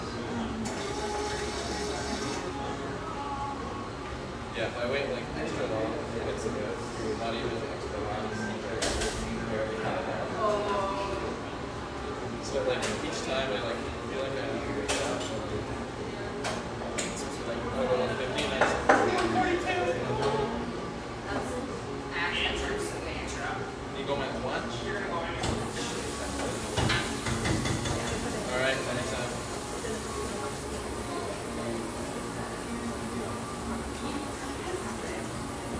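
Lively coffeeshop ambience with a steady bed of overlapping voices and chatter throughout. Sharp clinks and knocks of dishes and cups pop up every few seconds, with a busier cluster near the middle and a brighter hiss joining in after about 25 seconds.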